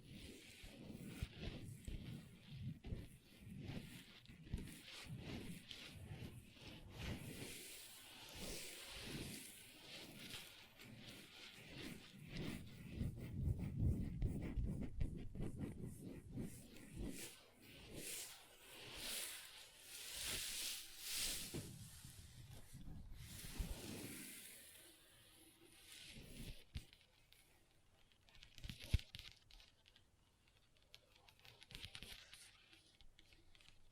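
Long fingernails tap and scratch across a tabletop in dense, irregular bursts, with sharp clicks scattered among scraping strokes. Low thumps swell and fade through the first twenty-five seconds. Afterward the sound thins into sparser, quieter scratches broken by a few isolated taps.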